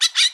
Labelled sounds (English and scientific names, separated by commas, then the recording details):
Brown-throated Parakeet (Eupsittula pertinax) contact call
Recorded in Bonaire
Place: 1 km E of roosting area just N of Seru Largu
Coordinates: 12.199, -68.268